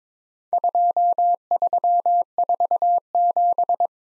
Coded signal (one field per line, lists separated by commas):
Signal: Morse code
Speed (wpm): 22 wpm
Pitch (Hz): 700 Hz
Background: none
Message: 2347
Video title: Worked All Europe DX Contest QTC Exchange 22wpm